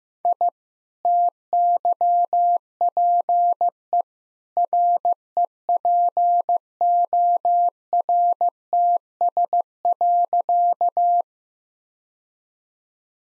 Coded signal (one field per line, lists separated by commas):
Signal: Morse code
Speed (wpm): 15 wpm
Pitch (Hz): 700 Hz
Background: none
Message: I TYPE REPORTS.